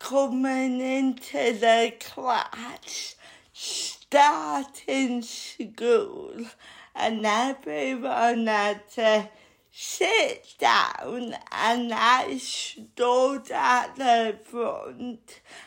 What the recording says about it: I have a disability called cerebral palsy, which means I talk slowly.